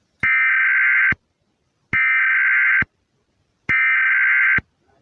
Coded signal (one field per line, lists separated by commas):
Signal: Emergency Alert System (SAME) tones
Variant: header bursts